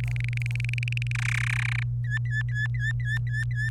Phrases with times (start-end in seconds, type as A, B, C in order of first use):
0.00-1.12 A, 1.15-1.83 B, 2.04-3.69 C